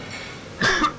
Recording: coughing mixed with background sound